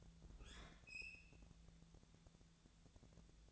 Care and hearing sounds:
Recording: daily activity, microphone in the room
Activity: open fridge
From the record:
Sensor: 3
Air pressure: 1000.0 hPa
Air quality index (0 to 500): 132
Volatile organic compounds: 2 ppm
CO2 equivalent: 1174 ppm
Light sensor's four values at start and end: 42/106/45/49 and 41/106/45/49

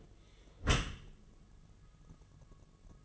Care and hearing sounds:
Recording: daily activity, microphone in the room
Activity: close dishwasher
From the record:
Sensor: 4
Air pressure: 1015.8 hPa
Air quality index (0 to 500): 108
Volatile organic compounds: 2 ppm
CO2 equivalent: 1214 ppm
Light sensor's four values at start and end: 8/18/7/7 and 8/18/7/7

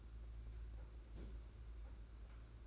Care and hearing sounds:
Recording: daily activity, microphone in the room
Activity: place on stove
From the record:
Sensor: 2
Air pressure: 991.9 hPa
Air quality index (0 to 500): 234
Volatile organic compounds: 1000 ppm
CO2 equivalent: 7856 ppm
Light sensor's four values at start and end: 17/56/21/20 and 17/56/21/20

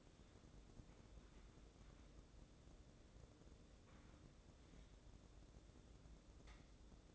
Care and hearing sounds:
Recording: daily activity, microphone in the room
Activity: wipe stove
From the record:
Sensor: 3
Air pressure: 1012.3 hPa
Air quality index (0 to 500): 176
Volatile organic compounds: 3 ppm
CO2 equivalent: 1343 ppm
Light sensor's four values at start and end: 600/1492/617/632 and 601/1493/617/632

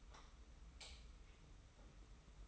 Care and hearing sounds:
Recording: daily activity, microphone in the room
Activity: light off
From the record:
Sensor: 1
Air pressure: 990.9 hPa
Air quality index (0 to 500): 110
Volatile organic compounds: 105 ppm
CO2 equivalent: 3786 ppm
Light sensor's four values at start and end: 26/66/27/29 and 23/52/22/24

